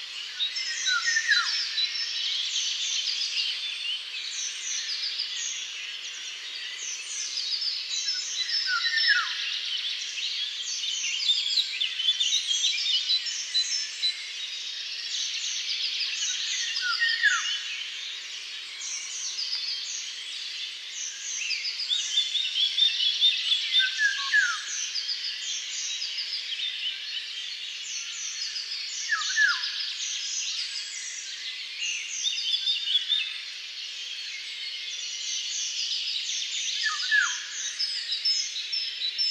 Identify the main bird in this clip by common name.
Eurasian Golden Oriole